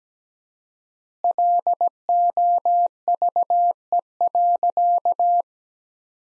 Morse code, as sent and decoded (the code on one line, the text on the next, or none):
.-.. --- ...- . .-.-.-
LOVE.